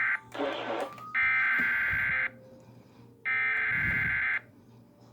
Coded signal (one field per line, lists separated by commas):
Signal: Emergency Alert System (SAME) tones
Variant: header bursts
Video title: A CURSED WEATHER EVENT... EAS Alerts from 8/6/20 (EAS #4,842 - 4,888)